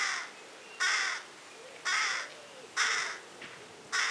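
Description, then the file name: Carrion crow calling with loud, raspy caws in a short series, each a short grating burst. "Corvus corone"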